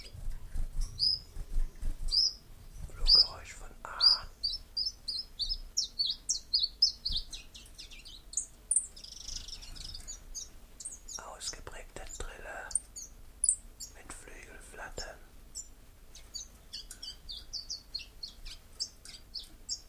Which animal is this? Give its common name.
Common Chiffchaff